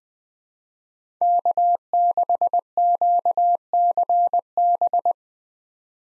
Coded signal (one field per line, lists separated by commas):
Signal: Morse code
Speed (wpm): 20 wpm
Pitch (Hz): 700 Hz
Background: none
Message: K6QCB